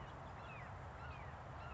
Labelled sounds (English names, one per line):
Red-shouldered Hawk